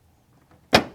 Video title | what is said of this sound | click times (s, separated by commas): Saeco Superauto Grinder Calibration Demonstration - Tune Up For What | here you go snaps right in don't yeah don't be afraid | 0.7 s